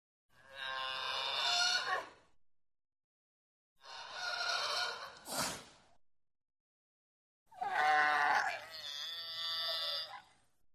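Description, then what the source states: Sea lion calls: three long, harsh, rasping bursts of about two seconds each, rich and throaty, separated by short silences. Barks, screams, snarls and grunts.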